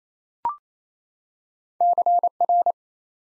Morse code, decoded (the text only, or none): CR